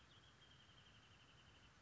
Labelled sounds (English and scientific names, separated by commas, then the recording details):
Wrentit (Chamaea fasciata)
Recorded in Sonoma County, California